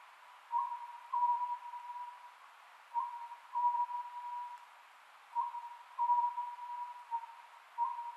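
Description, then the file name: Oriental scops owl uttering regular phrases of hollow hoots, with short pauses between, over a faint hiss. Recorded on 27 May 2010 at 22:21. "konohazuku-20100527-2221"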